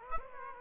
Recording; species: mosquito wingbeat signal from an infrared sensor; Aedes aegypti